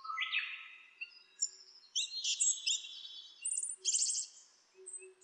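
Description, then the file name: Asian brown flycatcher song: varied high chirps, short buzzy notes and quick trills in uneven bursts, with faint low ticking underneath. "sikatan bubik"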